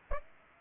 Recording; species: mosquito wingbeat signal from an infrared sensor; Aedes aegypti